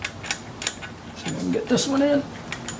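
A harness connector or clip is being handled onto the throttle body during throttle body installation on a 2006 Honda Odyssey. Short light ticks of handling are heard over steady background noise while someone talks. Nothing has seated or clicked yet.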